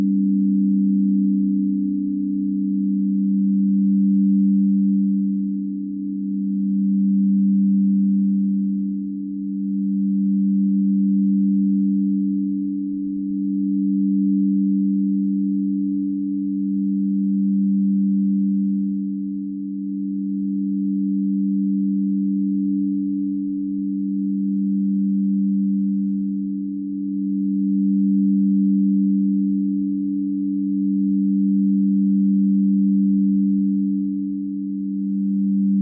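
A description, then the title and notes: A singing bowl hums in a continuous low, pure drone, its pitch holding perfectly steady for the whole half-minute. The tone swells and fades gently about every three to four seconds, a slow regular throb. No strikes, voices or other sounds break in. Singing Bowels Sounds Relaxing.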